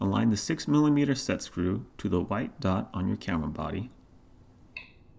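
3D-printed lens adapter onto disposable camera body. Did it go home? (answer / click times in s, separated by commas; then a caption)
yes / 4.8 s. Someone talks while a 3D-printed 30mm lens adapter is lined up, its six-millimeter set screw aligned to the white dot on a Kodak FunSaver disposable camera body, and twisted firmly. After a short quiet pause, a single sharp click is heard at 4.8 s as the adapter twist-locks into place, leaving the lens mounted on the camera.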